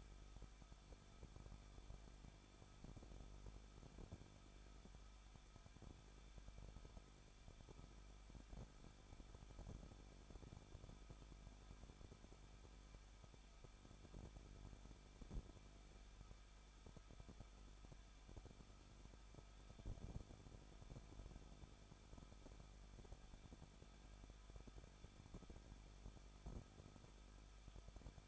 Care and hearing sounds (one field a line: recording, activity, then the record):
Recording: daily activity, microphone in the room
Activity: no activity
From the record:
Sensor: 5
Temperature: 20.8 degrees Celsius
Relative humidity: 38.3%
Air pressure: 1006.6 hPa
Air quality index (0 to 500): 187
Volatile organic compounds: 18 ppm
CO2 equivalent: 2613 ppm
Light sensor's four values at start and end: 2/3/1/1 and 2/3/1/1